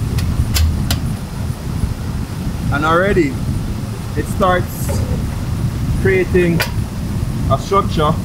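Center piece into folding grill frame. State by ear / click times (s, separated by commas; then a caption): seated / 0.6 s, 0.9 s. While assembling a folding camping grill, the metal center pieces are popped into the grill frame, giving sharp metallic hits at 0.6 s and 0.9 s. Someone talks afterward over a steady low background rumble, and the center pieces are seated in the frame.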